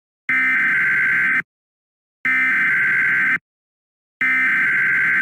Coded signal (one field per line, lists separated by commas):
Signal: Emergency Alert System (SAME) tones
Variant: header bursts